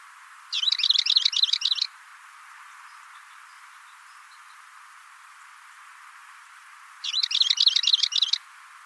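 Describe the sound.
Bird giving two bursts of rapid, high warbling chirps, each a little over a second long, separated by a long pause.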